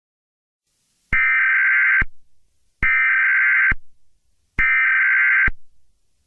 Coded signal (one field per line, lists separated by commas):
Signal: Emergency Alert System (SAME) tones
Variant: header bursts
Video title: EAS Scenario #8: Cartoon Cat Murdering Rampage.